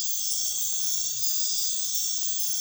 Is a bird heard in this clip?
no